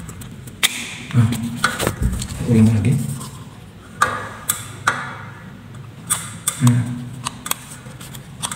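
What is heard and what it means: A miniature circuit breaker is handled and pushed toward the DIN mounting rail in a house's electrical panel while someone talks. Several sharp plastic knocks and taps are heard, the loudest around 4.0, 4.5, 4.9 and 6.5 seconds. The breaker has not snapped onto the rail yet, and nothing has seated or clicked.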